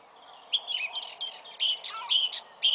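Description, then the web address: Eurasian blackcap song: after a quiet half second, a burst of loud, clear whistled and chirped notes, some very high, runs quickly to the end. "SETE data Sylvia atricapilla"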